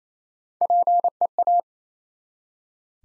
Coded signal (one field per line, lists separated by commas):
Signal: Morse code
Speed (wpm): 27 wpm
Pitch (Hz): 700 Hz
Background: none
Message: PEA